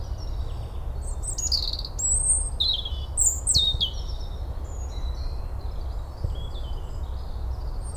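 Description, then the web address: European robin singing varied, high, thin whistles and rapid twitters in a lively opening phrase, followed by quieter notes, with a low steady hum behind. "SETE data Erithacus rubecula"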